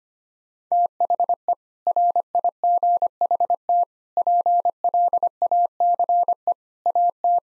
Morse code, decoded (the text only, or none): THE RIGHT PLACE AT